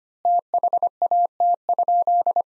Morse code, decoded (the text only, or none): THAT?